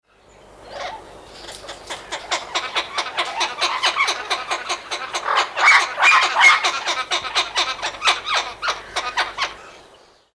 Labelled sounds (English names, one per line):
Turquoise-fronted Amazon